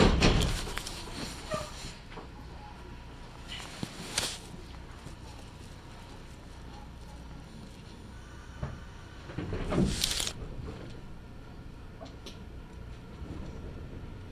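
A ride on a Kintetsu Nagoya Line local train, with a steady low rumble of the carriage throughout. Sharp clattering bursts come near the start, around four seconds and again around ten seconds, with faint scattered knocks and voices between.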